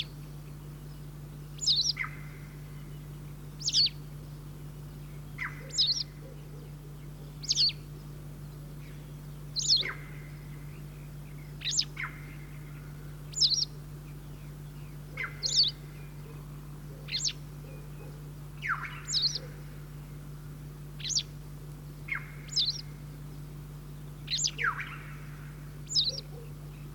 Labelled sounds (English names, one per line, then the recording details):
White Wagtail song
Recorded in the wild
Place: Chudjirt, MN
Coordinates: 47.013, 102.255
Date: 1979-06-06 04:45
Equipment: Nagra III BH, Sennheiser MD 21, parabola
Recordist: Schubert, Michael